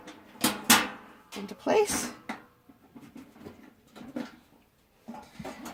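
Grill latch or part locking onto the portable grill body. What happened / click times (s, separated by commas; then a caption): The grill part locked into place / 0.7 s. While a BBQTEK portable barbecue grill (2019) is being assembled, a part is fitted onto the grill body, with a knock at 0.4 s and a loud sharp hit at 0.7 s as it locks into place. Softer knocks and handling sounds follow while someone talks. The part is seated.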